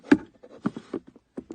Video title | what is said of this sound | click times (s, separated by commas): JDMCAR Center Console Divider for 2016-2020 Tacoma | there you go. It just locks into place. | 0.1 s